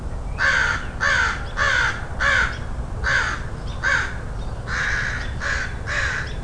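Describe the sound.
Crow giving a series of about nine harsh, hoarse caws over a low background hum.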